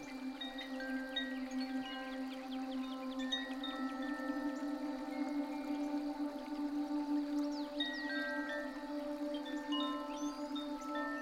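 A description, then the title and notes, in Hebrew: Koshi chimes and a dream harp ring together in a dense, steady wash of overlapping tones. A low hum holds throughout beneath layered sustained notes, while brighter chime strikes sparkle irregularly every moment or so. The level stays even for the whole stretch. פעמוני קושי ונבל חלומות.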